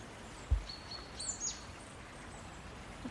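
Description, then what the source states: Marsh Tit calling: a thin, high whistled note, then sharp, very high downslurred notes over steady background hiss, with one soft low thump. Heard in a small wooded Welsh valley with mossy trees over a stream; the bird was seen and has buff colouring.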